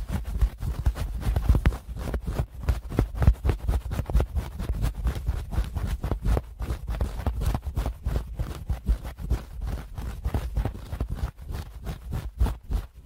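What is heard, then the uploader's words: Ear cleaning produces a dense, continuous run of crackling scratches and sharp clicks, several per second, over a heavy low rumble. The rustling stays busy and irregular throughout, with a brief drop in loudness around the eleven-second mark. ASMR Best Ear Cleaning.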